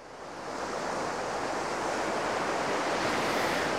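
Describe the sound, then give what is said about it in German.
Steady roar of breaking surf on a North Sea beach with a broad, hissing wash, swelling in over the first half second and holding loud and continuous, with wind rushing underneath. No voices. “Ach, herrlich, so ein Tag an der Nordsee. Hier am Strand kann man sich mal wieder richtig den Wind um die Nase wehen lassen.”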